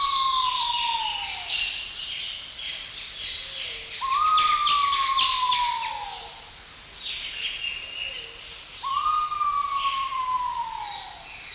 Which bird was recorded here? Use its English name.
Pheasant Pigeon